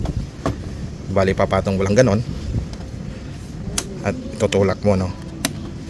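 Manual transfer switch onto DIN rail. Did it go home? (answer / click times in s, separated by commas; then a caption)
yes / 5.4 s. A manual transfer switch (MTS) is set on a DIN rail and pushed in while someone talks, with a few light knocks along the way. One sharp click comes at 5.5 s as the switch locks onto the rail, and it is confirmed seated.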